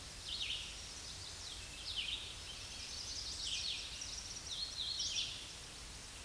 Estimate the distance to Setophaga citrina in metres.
about 25 m